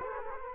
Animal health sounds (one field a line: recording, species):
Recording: mosquito wingbeat signal from an infrared sensor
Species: Culex quinquefasciatus